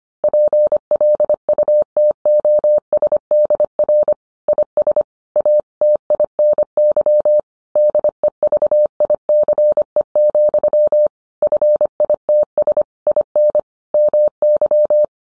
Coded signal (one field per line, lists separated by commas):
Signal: Morse code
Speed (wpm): 25 wpm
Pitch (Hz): 600 Hz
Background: none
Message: PLUTOSDR IS A TINY DEVICE, FITS IN MY